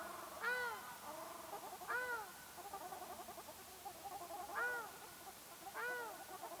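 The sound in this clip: Ruddy shelduck giving loud, single nasal honks about every one to three seconds, with softer overlapping calls from other birds between them.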